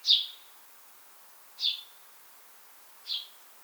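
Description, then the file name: House sparrow call, three loud, clean chirps spaced about one and a half seconds apart. "Passer domesticus"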